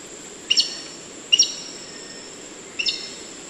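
Black-necked aracari giving three short, sharp, ringing notes at irregular intervals over a steady high hiss.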